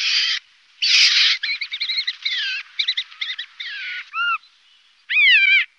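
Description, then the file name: Siberian jay giving a varied string of calls: harsh raspy bursts, quick warbled and chattering notes, a couple of short clear notes, then a drawn mewing call. "Lavskrika"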